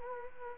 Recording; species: mosquito wingbeat signal from an infrared sensor; Culex quinquefasciatus